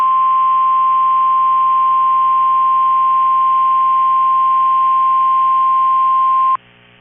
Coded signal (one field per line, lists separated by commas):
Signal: Emergency Alert System (SAME) tones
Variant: 1050 Hz attention tone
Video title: KEC65 rwt eas 2041